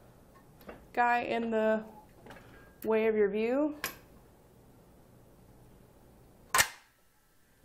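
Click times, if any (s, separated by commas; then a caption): 6.6 s. Someone talks as the steel locking jaws of a Demco UMS double pivot fifth wheel hitch head, with the pin removed, are tripped. At 6.6 s the jaws spring shut around the kingpin area with one loud, sharp metallic snap. The jaws seat closed.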